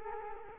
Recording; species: mosquito wingbeat signal from an infrared sensor; Culex quinquefasciatus